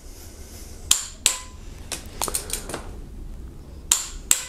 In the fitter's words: okay and we'll be expecting that click now once we hear the click we stop immediately right